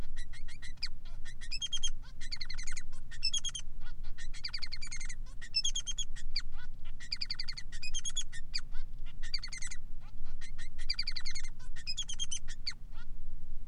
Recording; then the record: song of a male Bengalese finch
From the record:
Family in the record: son of father 3